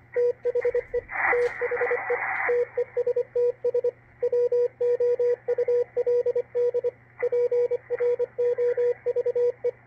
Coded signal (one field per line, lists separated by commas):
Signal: Morse code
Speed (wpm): 25 wpm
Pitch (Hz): 480 Hz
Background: radio noise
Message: THE THE TESTS WOULD PROVE